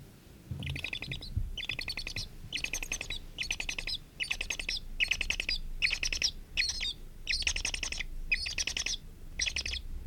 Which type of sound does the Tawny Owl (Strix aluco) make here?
call